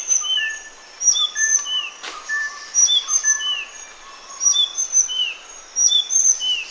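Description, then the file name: Sunda blue flycatcher song: high, clear whistled notes and downslurred slurs in quick repeated phrases, with one brief sharp click in the middle. "suara burung sikatan sunda. omkicau"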